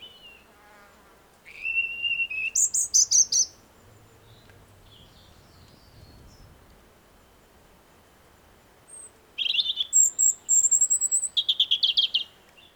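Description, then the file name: European robin song: two separated bursts of high warbling and thin whistled notes, with quiet gaps and faint low rumble between them. "Erithacus rubecula"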